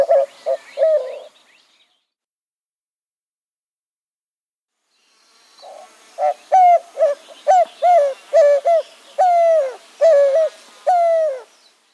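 White-winged dove cooing: a short run of notes, a pause, then a longer rhythmic series of hooting coos near a steady pitch.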